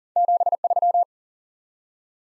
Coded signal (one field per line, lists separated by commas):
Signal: Morse code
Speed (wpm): 40 wpm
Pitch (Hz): 700 Hz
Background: none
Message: 73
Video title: Top 20 QSO Elements 40wpm